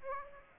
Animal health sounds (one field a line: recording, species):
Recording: mosquito wingbeat signal from an infrared sensor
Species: Aedes aegypti